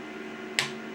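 A three-legged component that was not sitting fully down is pushed into its socket on the chassis of a vintage Harvard 420M radio. Against a faint steady hum, a single sharp snap sounds at 0.6 s as the component seats all the way down in its socket.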